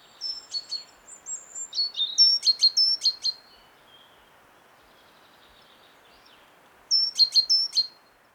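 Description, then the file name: Great tit giving high, sharp repeated notes in quick series, softer at first and growing louder, then a later short burst of sharp notes; faint background hiss. "Parus major"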